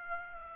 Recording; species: mosquito wingbeat signal from an infrared sensor; Aedes aegypti